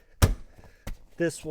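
The rear seat back of a Tesla Model 3, fitted with EVbase seat covers, is pushed back up into its latch and locks with a loud, sharp thunk at 0.2 s. A softer knock follows at 0.9 s, and then someone talks. The seat back is seated and latched in place.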